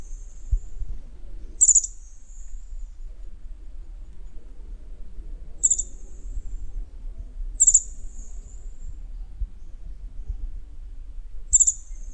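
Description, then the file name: Togian white-eye calls: thin, very high descending notes, given singly about every two to four seconds, four clear ones after a faint one at the start, over a low steady rumble. Togian Islands. "kacamata togian"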